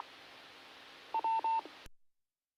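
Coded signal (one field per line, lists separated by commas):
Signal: none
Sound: repeater courtesy tone beeps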